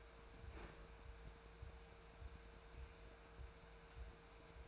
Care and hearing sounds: daily activity, microphone in the room; open fridge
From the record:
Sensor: 2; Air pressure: 1014.8 hPa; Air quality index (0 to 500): 194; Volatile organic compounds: 17 ppm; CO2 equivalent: 2564 ppm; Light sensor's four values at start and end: 8/19/8/8 and 8/19/8/8

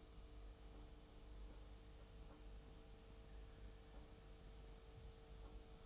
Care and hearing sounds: daily activity, microphone in the room; make coffee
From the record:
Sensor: 1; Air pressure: 991.7 hPa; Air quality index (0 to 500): 169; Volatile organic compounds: 1000 ppm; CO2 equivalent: 6374 ppm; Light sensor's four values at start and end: 33/109/42/44 and 33/109/42/44

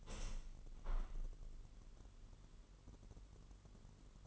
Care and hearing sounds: daily activity, microphone in the room; open window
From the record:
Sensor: 4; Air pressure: 999.4 hPa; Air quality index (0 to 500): 137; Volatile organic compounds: 3 ppm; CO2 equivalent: 1351 ppm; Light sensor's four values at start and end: 20/49/20/22 and 20/49/20/22

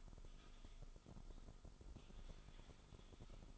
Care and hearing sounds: daily activity, microphone in the room; typing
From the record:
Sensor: 5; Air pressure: 988.8 hPa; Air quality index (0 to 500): 235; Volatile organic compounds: 193 ppm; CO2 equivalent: 4189 ppm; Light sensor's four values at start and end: 39/124/48/51 and 39/124/48/51

